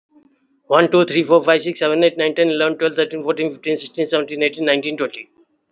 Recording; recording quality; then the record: counting at a fast pace; excellent, no background noise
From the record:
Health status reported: healthy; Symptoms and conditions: diabetes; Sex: male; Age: 55 years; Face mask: not worn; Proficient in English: yes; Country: India